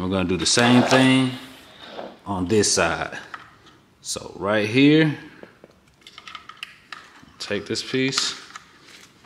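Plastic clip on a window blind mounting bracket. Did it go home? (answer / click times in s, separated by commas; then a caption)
no / none. Someone talks while handling a plastic clip for a cordless faux wood window blind, about to fit it onto the other side's mounting bracket, with a few light handling taps in the middle. Nothing has seated or clicked yet.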